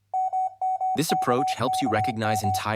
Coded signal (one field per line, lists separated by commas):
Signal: Morse code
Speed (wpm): 26 wpm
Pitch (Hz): 750 Hz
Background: speech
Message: MMKKM